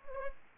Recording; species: mosquito wingbeat signal from an infrared sensor; Anopheles gambiae